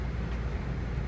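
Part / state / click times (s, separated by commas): pop rivet in an exhaust manifold gasket / not seated / none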